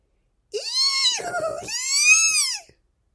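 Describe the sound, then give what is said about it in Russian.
A human voice imitates a shrill cry halfway between a horse's whinny and a piglet's squeal: one loud, high, wavering call of about two seconds that dips midway, then rises again. “Нечто среднее между ржанием лошади и поросячьим визгом.”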